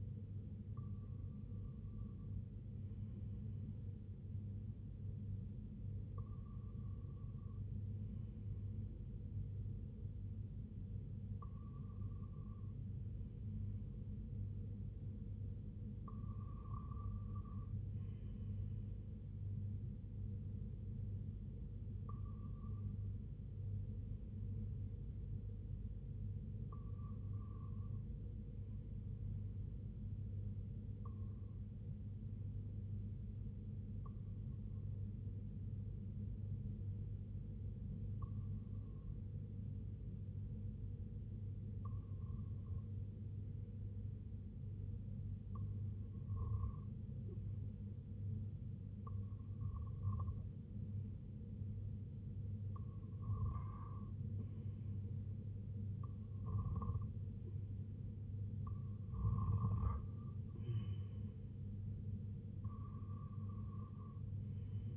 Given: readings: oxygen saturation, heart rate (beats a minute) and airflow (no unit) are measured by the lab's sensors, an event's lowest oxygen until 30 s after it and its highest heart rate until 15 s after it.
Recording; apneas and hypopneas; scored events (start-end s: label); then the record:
breathing in sleep by a smartphone at the bedside; 1
27.00-56.10 s: hypopnea (REM, oxygen 95% highest, then 91% lowest, heart rate 67 at the start, 71 highest)
From the record:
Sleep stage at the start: REM sleep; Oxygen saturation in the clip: 93 to 96%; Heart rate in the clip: 64 to 74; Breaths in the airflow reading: 16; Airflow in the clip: -8.4 to 3.7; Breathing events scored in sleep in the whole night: 258 in 7.4 hours asleep